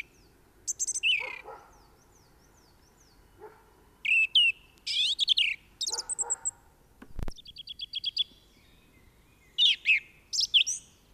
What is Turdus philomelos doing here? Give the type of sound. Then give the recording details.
song. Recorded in the wild. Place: Kaiserslautern, Rheinland-Pfalz, DE. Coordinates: 49.44, 7.74917. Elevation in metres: 254. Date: 1974-03-26. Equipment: Nagra IV, Sennheiser MKH 405, Parabolreflektor. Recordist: Tretzel, Erwin